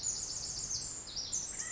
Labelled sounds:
Pacific Wren

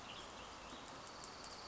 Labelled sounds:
Western Tanager

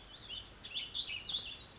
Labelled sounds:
Warbling Vireo

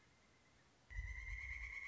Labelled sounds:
Pileated Woodpecker

